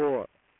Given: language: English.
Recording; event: throat vibration sensor signal played as sound; speech